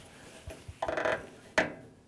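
A new filter cartridge is turned clockwise under its retaining ring in a Murdock Mfg. MC71 electric water cooler, with some light scraping and rubbing as it tightens on its fine threads. At 1.6 s it gives a small sharp click, showing the cartridge is fully seated; it is seated so it won't leak around the retaining ring, and it is not over-tightened.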